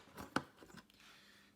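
A plastic rear fairing panel on a 2019/2020 BMW S1000RR is pulled hard off its snap-on clip on the motorcycle frame, with a brief rustling scrape just before. The fastener pops open with a single sharp, loud snap at 0.4 s, followed by fainter scrapes and a small tick near 0.9 s. The panel is released, and the snap sounds terrible.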